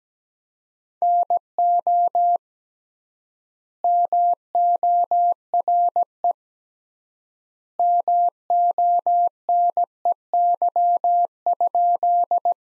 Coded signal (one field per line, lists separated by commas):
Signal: Morse code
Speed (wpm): 17 wpm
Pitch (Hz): 700 Hz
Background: none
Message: NO MORE MONEY?